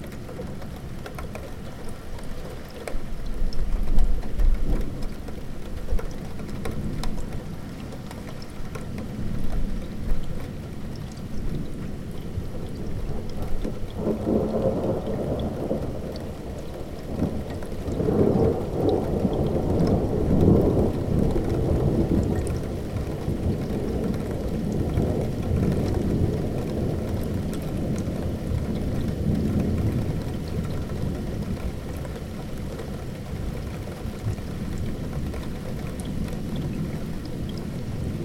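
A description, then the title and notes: Steady rain patters throughout while thunder rumbles in the distance. Low, rolling swells build around 3 to 5 seconds and again from about 14 to 30 seconds, deep and drawn out rather than sharp cracks. The rainfall stays dense and even underneath. Spring Thunderstorm. Just a short relaxing recording of a thunderstorm in the distance and some rain falling. Recorded on a Zoom H1 and edited in Audacity.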